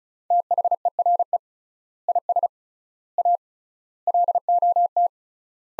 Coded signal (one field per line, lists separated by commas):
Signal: Morse code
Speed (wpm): 36 wpm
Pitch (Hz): 700 Hz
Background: none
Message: THERE IS A LOT